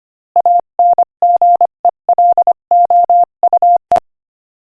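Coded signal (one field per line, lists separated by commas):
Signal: Morse code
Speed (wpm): 24 wpm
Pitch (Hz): 700 Hz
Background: none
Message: ANGELOUE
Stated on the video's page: Morse code practice at 25 wpm, sending an inspirational quotation.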